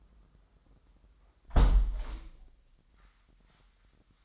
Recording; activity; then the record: daily activity, microphone in the room; close window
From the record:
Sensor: 3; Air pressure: 998.5 hPa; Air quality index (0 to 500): 140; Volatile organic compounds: 4 ppm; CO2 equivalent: 1677 ppm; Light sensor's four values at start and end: 9/21/9/9 and 8/20/8/9